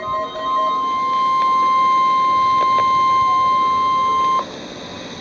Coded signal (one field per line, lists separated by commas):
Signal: Emergency Alert System (SAME) tones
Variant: 1050 Hz attention tone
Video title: Real NOAA Weather Radio EAS Alert #296